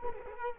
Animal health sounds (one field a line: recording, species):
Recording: mosquito wingbeat signal from an infrared sensor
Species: Culex quinquefasciatus